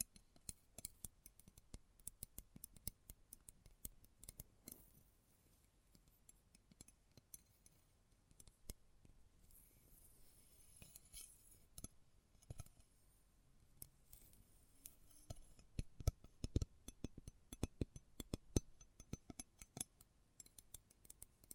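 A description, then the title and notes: Close-up metallic sounds: a steady stream of sharp clicks, clinks and taps, like cutlery or small metal parts knocking together. The hits come irregularly throughout, some bright and ringing, grouping more densely and loudly in the last third, over a low rustling background. ASMR Close Up Metallic Sounds (No Talking).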